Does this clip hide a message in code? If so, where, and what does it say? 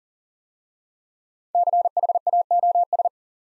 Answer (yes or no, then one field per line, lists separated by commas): yes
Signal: Morse code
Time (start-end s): 1.5-3.1 s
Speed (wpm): 42 wpm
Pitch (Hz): 700 Hz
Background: none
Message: CHAOS